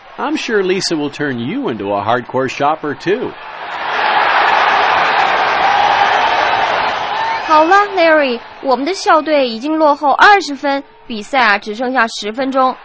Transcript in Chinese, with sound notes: I'm sure Lisa will turn you into a hardcore shopper too.
(Crowd cheering) 好啦！Larry, 我们的校队已经落后20分，比赛只剩下10分钟。